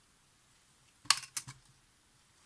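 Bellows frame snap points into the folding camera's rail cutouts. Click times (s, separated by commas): 1.1 s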